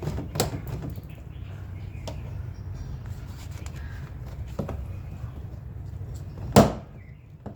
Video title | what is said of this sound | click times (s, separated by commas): How to replace side view mirror in Honda Civic (2006-2011) | You’ll hear the retaining clips snapping loose as you work your way around. | 0.4 s, 6.6 s